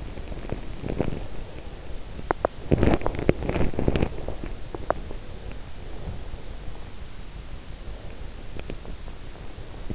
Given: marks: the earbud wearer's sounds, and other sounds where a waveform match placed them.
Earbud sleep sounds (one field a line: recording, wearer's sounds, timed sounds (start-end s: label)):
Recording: sounds in sleep by an in-ear microphone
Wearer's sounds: teeth grinding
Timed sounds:
0.00-5.62 s: teeth grinding